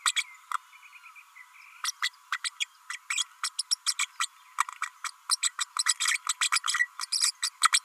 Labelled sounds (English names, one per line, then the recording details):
Green-rumped Parrotlet babbling
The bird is a female
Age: 32 days
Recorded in a nest box in Venezuela
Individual 17B32A5